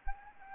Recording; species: mosquito wingbeat signal from an infrared sensor; Anopheles arabiensis